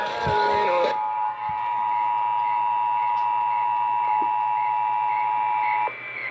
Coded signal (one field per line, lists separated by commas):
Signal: Emergency Alert System (SAME) tones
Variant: 853 and 960 Hz attention tone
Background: speech